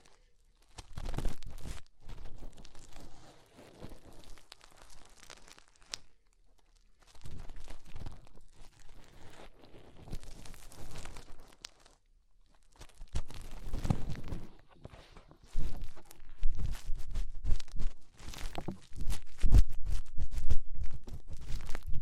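Fingers rub and scrape inside an ear, making bursts of rough, crackly rustling with a deep thumping undertone. The scratching comes in uneven stretches of a few seconds, separated by short silences, growing denser and louder in the second half with occasional sharp pops.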